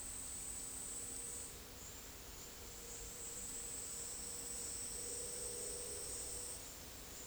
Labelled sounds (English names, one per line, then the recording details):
none
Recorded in dense forest near Puerto Asís, Putumayo, Colombia, on 20 February 2024 at 12:30
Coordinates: 0.485, -76.322
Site G6406